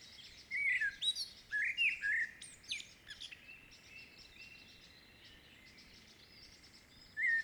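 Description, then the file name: Common blackbird song: a few short fluting whistles around the first three seconds, then a long quiet stretch and one final fluted note near the end. "Turdus merula"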